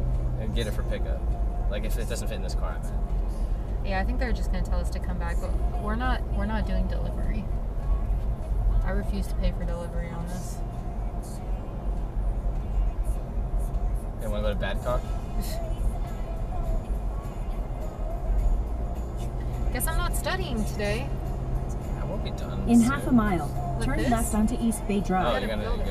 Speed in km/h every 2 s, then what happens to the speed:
58, 60, 61, 63, 63, 64, 66, 66, 66, 68, 72, 76, 76.
0-22 speeds up to 76.